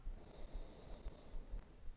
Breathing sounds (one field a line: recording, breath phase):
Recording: one breath near a microphone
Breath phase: inhalation